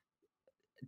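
A few soft vocal blips end in a single abrupt, low, grunt-like catch of breath: an ordinary hiccup from an adult.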